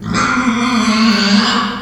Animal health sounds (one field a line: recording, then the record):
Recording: squeal of a Yucatan mini pig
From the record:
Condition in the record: after surgery on the right vocal fold (resection and tissue-engineered implant)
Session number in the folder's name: 15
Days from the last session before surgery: 175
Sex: female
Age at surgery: 19 weeks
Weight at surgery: 25 kg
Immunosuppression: prednisolone